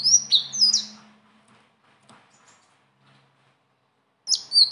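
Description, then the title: Leafbird song: brief bursts of high, sliding whistled notes at the start and end, separated by several seconds of near silence. Continuous rolling song (gacor, ngeroll) filled with varied phrases (isian); tutor song (masteran) for training other birds. "BURUNG SELENDANG BIRU GACOR NGEROLL ISIAN"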